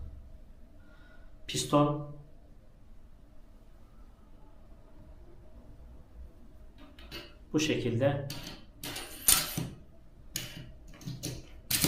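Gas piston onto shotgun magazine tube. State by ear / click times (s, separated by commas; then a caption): seated / 10.4 s. Someone talks while fitting the metal gas piston of a 2024 Derya Mk-12 As-101s shotgun onto its magazine tube, with scattered handling knocks and rattles from about 7 to 12 seconds. A sharp click at 10.4 s marks the gas piston seating in place.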